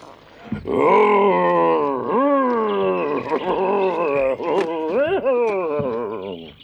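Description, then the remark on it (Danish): A voice imitates a wolf trapped inside a barrel with its lid closed, roaring in a loud, continuous run of growling, moaning roars with rising and falling pitch that lasts about six seconds without pause. “Ej, ej, tynden er lukket, og ulven er indeni. Nøj, hvor han brøler.”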